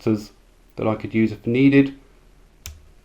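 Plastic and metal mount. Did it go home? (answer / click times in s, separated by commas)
yes / 2.7 s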